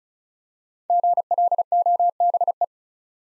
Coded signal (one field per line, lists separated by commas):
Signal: Morse code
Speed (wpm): 36 wpm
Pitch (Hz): 700 Hz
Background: none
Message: GLOBE